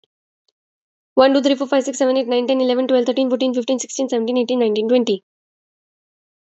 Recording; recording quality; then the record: counting at a fast pace; excellent, no background noise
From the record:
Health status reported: exposed to COVID-19, no respiratory illness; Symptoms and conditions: none ticked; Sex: female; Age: 26 years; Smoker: not ticked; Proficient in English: yes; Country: India